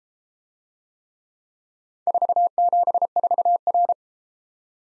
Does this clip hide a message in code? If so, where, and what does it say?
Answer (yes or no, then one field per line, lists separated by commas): yes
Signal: Morse code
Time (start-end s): 2.1-3.9 s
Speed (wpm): 32 wpm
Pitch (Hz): 700 Hz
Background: none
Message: 474R